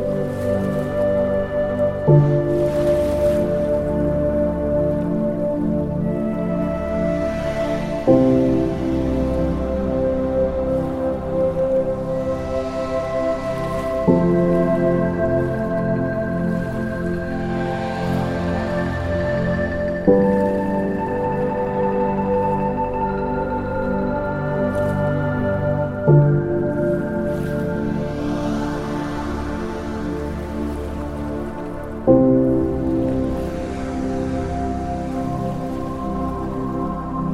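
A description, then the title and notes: Soft piano plays slow, sustained chords that change at a steady pace about every six seconds, each new chord struck gently and left to ring. Beneath it, ocean waves wash in as a constant, even hiss at a moderate level throughout. Ocean Waves, Calm Piano Music and Beautiful Nature. Ocean waves, accompanied by calming piano music.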